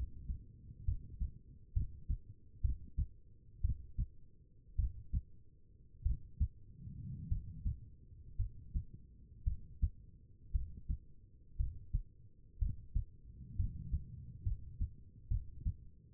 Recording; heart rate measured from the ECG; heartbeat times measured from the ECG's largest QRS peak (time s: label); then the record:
heart sounds by stethoscope; 58 bpm
0.85 s: heartbeat
1.73 s: heartbeat
2.61 s: heartbeat
3.61 s: heartbeat
4.76 s: heartbeat
6.03 s: heartbeat
7.28 s: heartbeat
8.37 s: heartbeat
9.44 s: heartbeat
10.52 s: heartbeat
11.57 s: heartbeat
12.59 s: heartbeat
13.56 s: heartbeat
14.43 s: heartbeat
15.28 s: heartbeat
From the record:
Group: healthy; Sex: female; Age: 36 years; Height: 163 cm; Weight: 88 kg